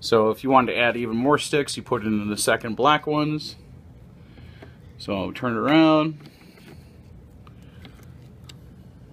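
Someone talks while turning a DDR4 memory stick around and lining it up over a motherboard DIMM slot before sliding it in and pushing it down. A few small handling knocks follow around 7.5, 7.9 and 8.5 seconds. Nothing has seated or clicked yet.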